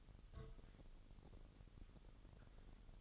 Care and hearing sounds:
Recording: daily activity, microphone in the room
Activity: take from stove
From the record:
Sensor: 4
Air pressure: 989.1 hPa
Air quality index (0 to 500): 211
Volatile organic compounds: 59 ppm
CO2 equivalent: 3411 ppm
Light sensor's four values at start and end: 29/98/36/38 and 29/98/36/38

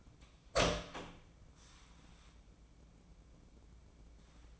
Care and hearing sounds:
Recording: daily activity, microphone in the room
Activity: open door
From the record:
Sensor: 1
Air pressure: 1012.4 hPa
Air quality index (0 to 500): 166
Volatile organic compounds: 3 ppm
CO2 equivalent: 1365 ppm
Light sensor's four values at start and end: 602/1405/623/751 and 596/1389/617/743

